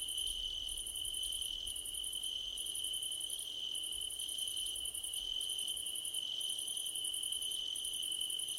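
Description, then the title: Steady cricket chorus with a shrill continuous trill and bursts of fast pulsed chirps, broken by brief gaps. Crickets calling at night under a starlit sky. "Nighttime Ambience with Crickets 🌃"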